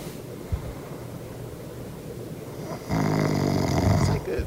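Adult man, sleeping. Snoring, heard as the man's own snoring played back.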